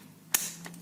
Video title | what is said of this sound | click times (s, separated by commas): Primeros pasos con el SINAMICS G120 | and we do a little pressure and the click sounds | 0.3 s